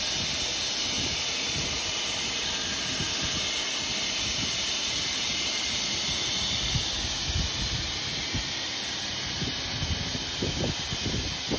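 A hot air welding machine blows a steady, loud hiss of air with a low rumble, small knocks and handling bumps near the end.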